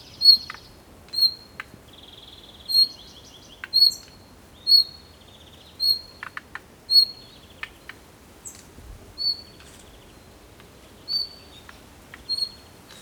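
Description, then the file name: Bird sounds, high whistled notes repeated about once a second, mixed with rapid buzzy trills and chatter, with light background hiss. "PAJAROS"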